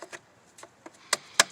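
After the valve cover is refitted on a 2002 Golf 1.9 TDI, a plastic push-on part is pressed back onto the engine valve cover. A few soft taps come first, then two loud, sharp clicks at 1.1 s and 1.4 s as the part snaps into place, leaving it seated.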